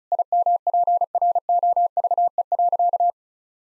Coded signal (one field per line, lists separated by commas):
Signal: Morse code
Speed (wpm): 36 wpm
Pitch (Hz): 700 Hz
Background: none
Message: IMPROVE.